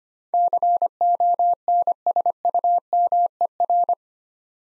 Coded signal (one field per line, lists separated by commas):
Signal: Morse code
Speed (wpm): 25 wpm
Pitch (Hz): 700 Hz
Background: none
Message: CONSUMER